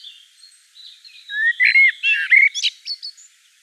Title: Sylvain Jaskowiak - Mes piafs. Merle noir en Provence